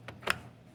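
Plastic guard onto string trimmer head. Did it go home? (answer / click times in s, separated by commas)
yes / 0.3 s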